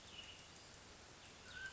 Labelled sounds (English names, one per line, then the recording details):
Mountain Quail
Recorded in Sonoma County, California